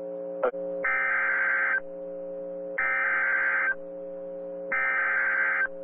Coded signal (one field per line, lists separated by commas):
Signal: Emergency Alert System (SAME) tones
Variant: header bursts